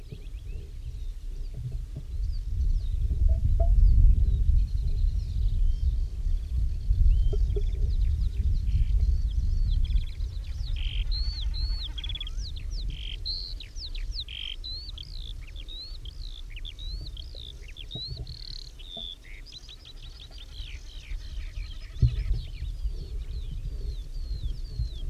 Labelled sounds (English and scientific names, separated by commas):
Common Snipe (Gallinago gallinago)